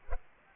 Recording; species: mosquito wingbeat signal from an infrared sensor; Aedes aegypti